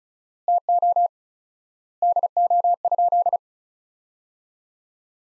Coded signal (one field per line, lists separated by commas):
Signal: Morse code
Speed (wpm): 36 wpm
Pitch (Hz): 700 Hz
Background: none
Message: TO DO?